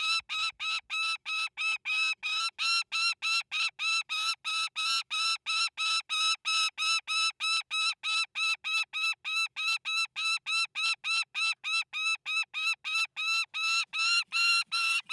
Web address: saker falcon tosia call squawk screech scream cry high nervous. sonniss gdc audio